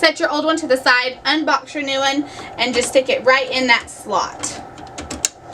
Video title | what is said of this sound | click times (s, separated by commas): Epson WorkForce WF-3720 - How to Change Ink Cartridges - Onyx imaging | Once you hear it click, you know it's installed correctly, and then you can | 5.2 s